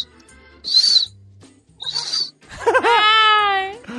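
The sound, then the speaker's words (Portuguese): A voice imitates the whistling breath of a man with a blocked nose during a cinema screening of Avengers: Infinity War: two short, hissy, high whistled breaths, followed by a longer, whiny, wavering tone that slides in pitch. “Só que o cara do meu lado tava com o nariz entupido, que saía essa respiração aqui, ó.”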